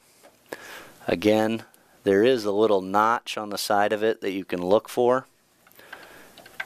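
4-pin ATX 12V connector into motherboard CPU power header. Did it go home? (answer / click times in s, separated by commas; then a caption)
yes / 6.6 s. A keyed 4-pin ATX 12V CPU power connector is pushed down onto the motherboard's CPU power header near the processor while someone talks. After the talking stops, a few small ticks lead to a sharp click at 6.6 s as the connector seats.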